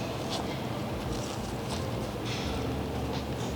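A plastic laser particle counter module has its front set into an air quality monitor housing clip and is lined up before being pushed down. Only a steady low background noise with faint brief rustles is heard. Nothing has seated or clicked yet.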